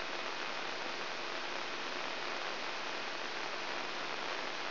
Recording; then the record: brain microelectrode recording played as sound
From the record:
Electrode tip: inside the subthalamic nucleus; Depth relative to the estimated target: -2 mm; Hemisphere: left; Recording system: AlphaMap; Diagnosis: Parkinson's disease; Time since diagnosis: 19 years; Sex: female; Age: 64 years